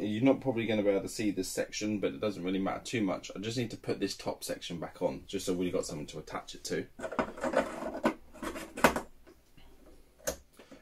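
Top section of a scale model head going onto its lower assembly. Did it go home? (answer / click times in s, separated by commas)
yes / 10.3 s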